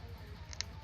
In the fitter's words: not a full click, but you get what I mean.